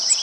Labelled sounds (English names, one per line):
Cape May Warbler flight call